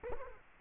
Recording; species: mosquito wingbeat signal from an infrared sensor; Culex quinquefasciatus